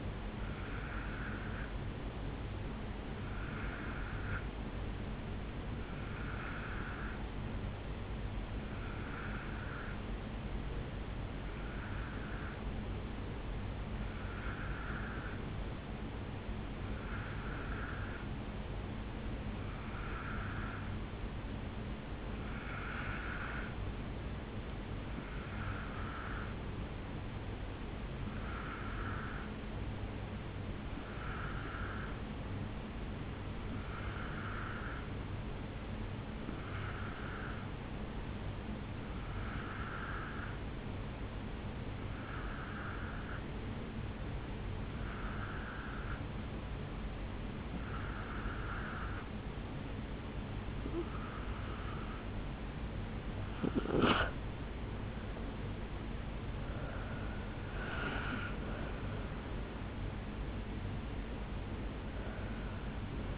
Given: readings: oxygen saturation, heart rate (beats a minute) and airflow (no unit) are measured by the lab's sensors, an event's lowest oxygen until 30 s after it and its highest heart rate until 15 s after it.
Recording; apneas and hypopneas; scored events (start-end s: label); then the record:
breathing in sleep by a voice recorder at the bedside; 1
4.00-25.50 s: hypopnea (N1, oxygen 93% highest, then 88% lowest, heart rate 63 at the start, 67 highest)
9.00-39.00 s: new sleep stage, N2 (light sleep)
39.00-63.38 s: new sleep stage, N1 (lightest sleep)
From the record:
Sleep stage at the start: N1 (lightest sleep); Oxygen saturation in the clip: 88 to 94%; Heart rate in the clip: 49 to 69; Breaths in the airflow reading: 21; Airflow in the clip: -7.7 to 4.9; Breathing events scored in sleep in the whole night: 449 in 7.0 hours asleep